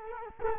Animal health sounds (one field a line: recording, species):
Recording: mosquito wingbeat signal from an infrared sensor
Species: Culex quinquefasciatus